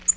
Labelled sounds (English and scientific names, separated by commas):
Tennessee Warbler (Leiothlypis peregrina) flight call